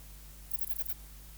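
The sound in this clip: Ephippiger cunii bush-cricket song: one short, high, hissing chirp of about five quick pulses, over a steady low hum.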